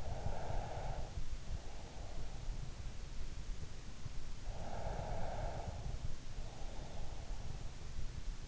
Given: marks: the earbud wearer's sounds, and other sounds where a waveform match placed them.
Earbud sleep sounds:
sounds in sleep by an in-ear microphone; breath
0.00-2.76 s: breath
4.02-7.54 s: breath

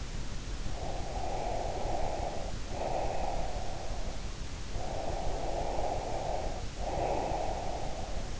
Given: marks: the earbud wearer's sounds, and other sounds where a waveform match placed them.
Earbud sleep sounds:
sounds in sleep by an in-ear microphone; breath
0.67-4.41 s: breath
4.70-8.40 s: breath

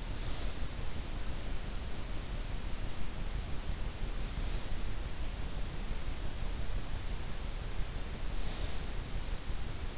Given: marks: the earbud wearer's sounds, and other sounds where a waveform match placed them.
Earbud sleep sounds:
sounds in sleep by an in-ear microphone; snoring breath
0.00-0.91 s: snoring breath
4.46-5.40 s: snoring breath
8.49-9.26 s: snoring breath

